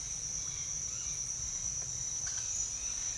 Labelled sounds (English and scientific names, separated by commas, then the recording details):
none
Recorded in secondary vegetation near Puerto Asís, Putumayo, Colombia, on 30 June 2025 at 08:30
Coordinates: 0.498, -76.327
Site GP09